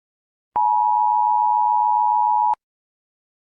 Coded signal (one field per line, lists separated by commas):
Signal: Emergency Alert System (SAME) tones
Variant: 853 and 960 Hz attention tone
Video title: EAS Scenario #1: ATOP/APATO